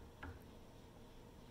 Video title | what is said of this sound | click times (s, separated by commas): How to Use a Torque Wrench and the Math Behind Them | that a click yep there it is so now that nut is on that bolt is 10 foot pounds | 0.2 s